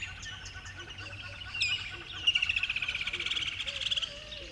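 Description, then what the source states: Birdsong: soft chirping, then a clear high note and a long rattle of repeated notes, with a low whistled call near the end. Recorded at dawn by a river bed.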